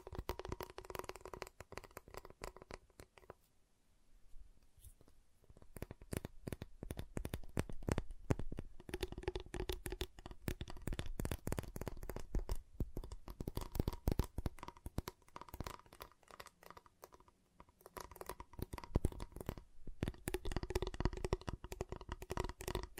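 Tapping, cutting and snapping on a giant chocolate bar, heard as dense runs of sharp, crisp clicks and cracks with brief pauses near 4 and 17 seconds. The sharp sounds come in quick irregular bursts over a low steady hum, with faint shuffling in between.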